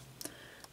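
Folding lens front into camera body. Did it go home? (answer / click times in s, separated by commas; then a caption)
yes / 0.2 s, 0.6 s. On an Agfa PD16 Clipper folding camera, the two springs on either side are pressed down and the folding lens front (lens standard) is pushed back into the camera body. Sharp clicks are heard at 0.2 s and 0.6 s. The lens front latches closed into place.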